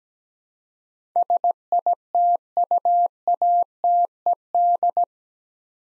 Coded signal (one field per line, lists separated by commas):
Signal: Morse code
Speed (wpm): 17 wpm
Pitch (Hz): 700 Hz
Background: none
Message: SITUATED